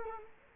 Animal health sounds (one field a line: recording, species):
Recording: mosquito wingbeat signal from an infrared sensor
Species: Culex quinquefasciatus